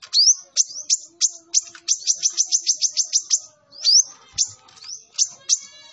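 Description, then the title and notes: Sunbird pouring out a fast string of sharp, upslurred chirps, a brief pause, then more clipped notes and a thin twitter. Kolibri Ninja singing actively, full song with bursts (isian and tembakan), used for training and as a lure to prompt other birds to sing. "MASTERAN KOLIBRI NINJA FULL ISIAN DAN TEMBAKAN COCOK BUAT PANCINGAN. Suara Burung Kolibri Ninja Gacor"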